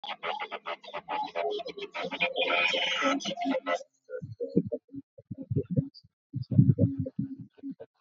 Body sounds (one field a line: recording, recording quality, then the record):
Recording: counting at a fast pace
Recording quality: poor, much background noise or distortion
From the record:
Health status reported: respiratory illness, not identified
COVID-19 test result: negative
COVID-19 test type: RT-PCR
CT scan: not taken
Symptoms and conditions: cough, fever, muscle pain, another respiratory illness, another condition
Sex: female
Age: 27 years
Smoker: no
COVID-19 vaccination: both doses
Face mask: worn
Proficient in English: yes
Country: India